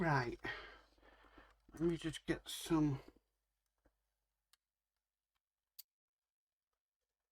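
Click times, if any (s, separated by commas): 5.8 s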